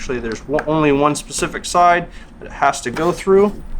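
A paddleboard fin's spring clip is passed through the fin box on the board from one specific side while someone talks. Nothing has clicked or seated yet, and the fin is not yet locked in place.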